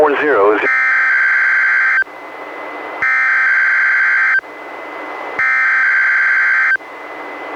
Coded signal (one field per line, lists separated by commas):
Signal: Emergency Alert System (SAME) tones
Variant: header bursts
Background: speech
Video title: EAS #400-401: 2 NWR Required Weekly Tests- June 17-24, 2020